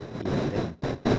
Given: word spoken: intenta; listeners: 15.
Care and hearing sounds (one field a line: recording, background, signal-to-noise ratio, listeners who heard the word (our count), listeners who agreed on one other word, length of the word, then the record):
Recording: one Spanish word in noise, from a listening test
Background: noise modulated by one talker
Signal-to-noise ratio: -8.4 dB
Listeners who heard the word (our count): 0 of 15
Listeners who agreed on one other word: 6 of 15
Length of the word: 0.79 s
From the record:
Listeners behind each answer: 6, 1, 1, 1, 1, 1, 1, 1, 1, 1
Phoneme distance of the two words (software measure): 10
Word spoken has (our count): 3 syllables, 7 phonemes, stress on syllable 2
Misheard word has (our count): 3 syllables, 7 phonemes, stress on syllable 2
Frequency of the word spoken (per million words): 37.13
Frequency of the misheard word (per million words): 62.16